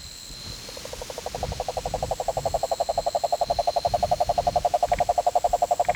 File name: Rhinella marina